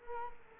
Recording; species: mosquito wingbeat signal from an infrared sensor; Culex quinquefasciatus